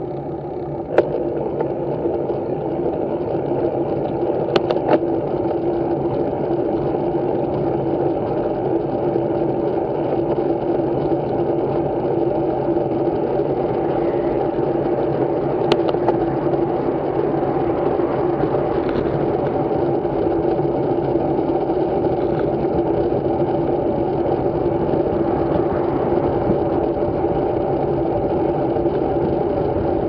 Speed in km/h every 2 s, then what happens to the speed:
0, 0, 15, 26, 26, 26, 27, 30, 32, 30, 29, 31, 32, 30, 32.
0-2 standing. 2-5 pulls away to 26. 5-30 steady at about 30.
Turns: none.